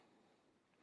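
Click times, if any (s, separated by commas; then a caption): none. A plastic DNA DK-70 upgrade-kit piece is slid into a gap on the leg of a Transformers SS86 Scrapper and Bonecrusher toy robot figure, making only a faint, soft sliding rustle over steady low background noise. No click is heard: the piece does not snap into place, sitting securely but loose enough that it could slide back out.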